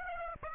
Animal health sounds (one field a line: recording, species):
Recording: mosquito wingbeat signal from an infrared sensor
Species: Aedes aegypti